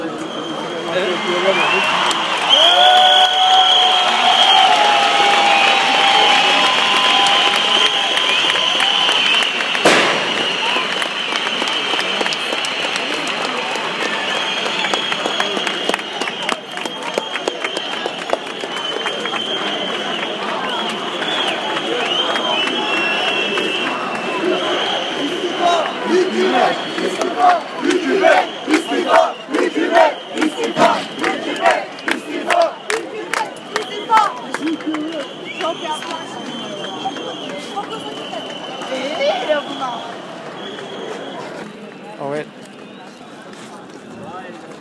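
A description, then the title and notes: A busy crowd fills Taksim Square in Istanbul with a dense, steady wash of many voices talking and calling out. Sharp clapping and scattered shouts break through in the second half, around 25 to 40 seconds, then the noise thins toward the end. Recording at Taksim Square in Istanbul #geziparki by David Noël.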